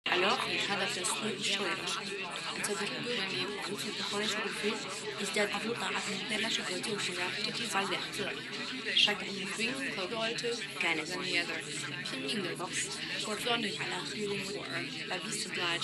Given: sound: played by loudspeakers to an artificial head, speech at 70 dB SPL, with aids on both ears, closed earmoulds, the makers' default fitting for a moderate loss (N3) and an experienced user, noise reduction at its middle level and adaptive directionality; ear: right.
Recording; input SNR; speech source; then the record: speech test signal (ISTS) in cocktail-party noise; -3 dB; in front (0 degrees)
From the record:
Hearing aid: class 1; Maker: E